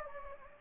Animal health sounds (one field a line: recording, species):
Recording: mosquito wingbeat signal from an infrared sensor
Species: Anopheles gambiae